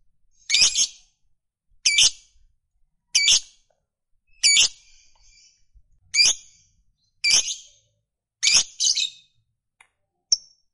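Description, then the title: Lovebird repeating loud, rasping high squawks at a steady pace, then a short sharp note at the end. Fighter-type lovebird; the recording is of its long chatter (ngekek panjang). "Begitu Dengar Suara Lovebird FIGHTER NGEKEK PANJANG"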